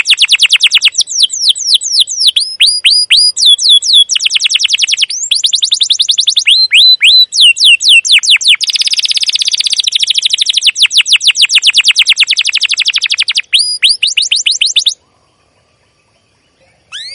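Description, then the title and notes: Canary singing fast, high trills that switch between sweeping chirps and buzzy rapid notes, then a brief pause near the end. Long 'cuit cuit' canary song used as a lure to train young canaries to sing. "CUIT CUIT NGEROL LANGSUNG GACOR PANJANG Kenari Ini Utk Pancingan KENAR. PANCINGAN Kenari GACOR PANJANG Cuit CUIT EMOSI ini utk MASTERAN Kenari PAUD belajar BUNYI. burung kenari"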